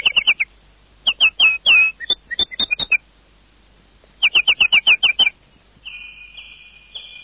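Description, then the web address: A bird gives quick chattering chirp series separated by short pauses, ending with a steady high whistle. "animali uccelli uccelli birds"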